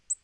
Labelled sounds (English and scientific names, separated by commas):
Black-throated Green Warbler (Setophaga virens) flight call